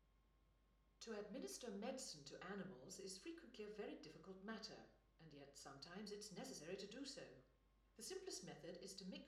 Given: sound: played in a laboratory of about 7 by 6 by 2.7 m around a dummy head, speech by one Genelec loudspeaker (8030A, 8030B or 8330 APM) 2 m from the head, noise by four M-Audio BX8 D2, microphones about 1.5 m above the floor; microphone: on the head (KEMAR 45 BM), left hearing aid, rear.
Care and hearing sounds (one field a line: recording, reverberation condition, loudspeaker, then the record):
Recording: female speech in English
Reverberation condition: medium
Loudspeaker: 120 degrees to the left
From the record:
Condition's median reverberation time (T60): about 510 ms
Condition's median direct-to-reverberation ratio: about -0.5 dB